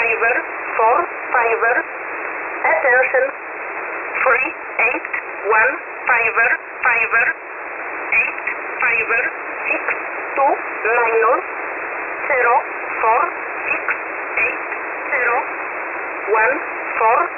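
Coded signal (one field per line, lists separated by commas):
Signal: numbers station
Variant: E11a, English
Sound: voice reading five-digit number groups in English, with 'Attention', over radio hiss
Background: radio static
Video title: E11a Message 08/05/2023 0830 UTC 16335kHz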